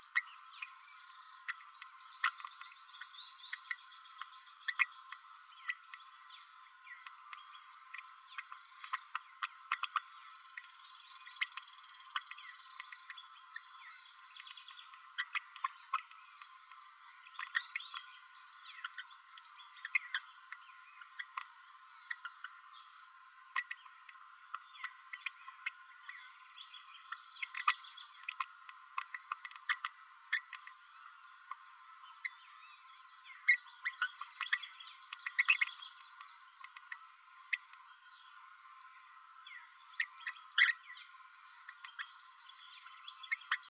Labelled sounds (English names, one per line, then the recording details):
Green-rumped Parrotlet babbling
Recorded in a nest box in Venezuela
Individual 18B12A3